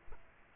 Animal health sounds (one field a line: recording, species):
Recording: mosquito wingbeat signal from an infrared sensor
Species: Aedes aegypti